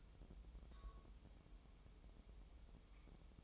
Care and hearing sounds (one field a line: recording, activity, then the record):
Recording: daily activity, microphone in the room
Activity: take from stove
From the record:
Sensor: 1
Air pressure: 988.4 hPa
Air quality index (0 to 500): 202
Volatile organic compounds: 1000 ppm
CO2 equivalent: 5411 ppm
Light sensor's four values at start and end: 27/98/37/39 and 27/98/37/39